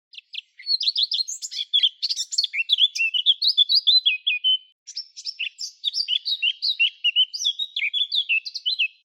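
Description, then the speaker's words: Eurasian blackcap song: a rapid, varied warble of high chirping notes with a brief pause midway, bright and chattering throughout. Returns from the south in April; from then its crystal-clear song is heard widely in gardens and parks. "In april is de zwartkop terug uit het zuiden en vanaf dan is zijn glasheldere zang weer volop te horen in tuinen en parken."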